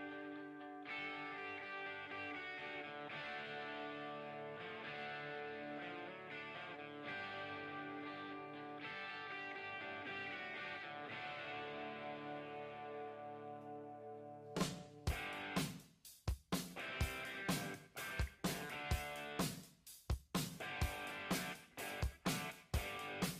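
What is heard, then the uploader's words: Lab ambience: a steady, layered mechanical whirring holds for about fourteen seconds, with a faint tonal hum underneath. Then it cuts off and sharp, bright tinkering knocks and clanks take over, arriving irregularly every half second or so until the end. Tony Stark's Lab Ambience ASMR. Mechanical whirring, tinkering sounds (hammering, drillling, etc), music.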